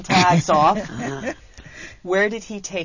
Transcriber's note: they laugh